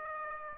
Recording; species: mosquito wingbeat signal from an infrared sensor; Aedes aegypti